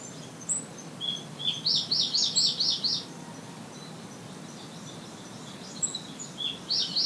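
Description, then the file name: Japanese paradise flycatcher song: a rapid string of high repeated notes, then a pause and another burst, over a steady hiss of background noise. "sankocho"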